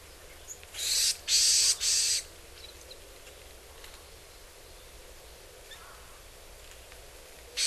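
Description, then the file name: Varied tit giving three harsh, buzzy notes in quick succession near the start, then quiet background with faint hiss, and another loud note begins right at the end. Recorded in Hyogo in April 2009. "yamagara 0904 hyogo kaji"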